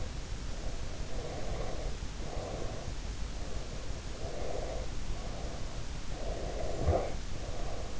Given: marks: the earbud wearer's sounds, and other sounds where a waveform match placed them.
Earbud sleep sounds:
sounds in sleep by an in-ear microphone; breath, snoring breath
0.66-3.19 s: breath
4.04-5.92 s: breath
6.18-8.00 s: snoring breath

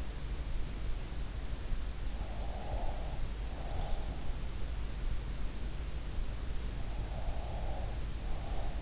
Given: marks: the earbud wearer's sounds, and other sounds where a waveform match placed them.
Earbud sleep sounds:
sounds in sleep by an in-ear microphone; breath
2.24-4.10 s: breath
7.08-8.82 s: breath

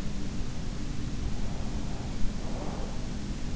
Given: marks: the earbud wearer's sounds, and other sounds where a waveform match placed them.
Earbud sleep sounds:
sounds in sleep by an in-ear microphone; breath
1.11-3.04 s: breath

